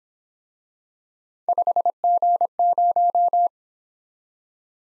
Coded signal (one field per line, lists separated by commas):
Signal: Morse code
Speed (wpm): 26 wpm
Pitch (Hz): 700 Hz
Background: none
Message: 5G0